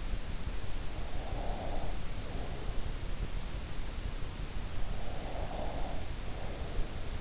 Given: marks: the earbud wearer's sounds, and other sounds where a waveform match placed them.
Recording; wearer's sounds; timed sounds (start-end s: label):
sounds in sleep by an in-ear microphone; breath
1.14-3.10 s: breath
4.89-7.21 s: breath